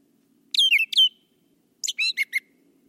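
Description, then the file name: Brown thrasher song: two phrases, the first of slurred downward notes given twice, the second a quick series of chips, with a faint low hum behind. "suara kicauan brown thrasher. omkicau"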